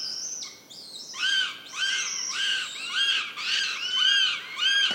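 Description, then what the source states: Northern goshawk chicks begging: a rapid run of several loud, arched, screeching calls, overlapping and repeated. Chicks at a nest in forest in Central Sweden, 29 June 2018; overnight recording; chicks fighting and begging for food, calls echoing.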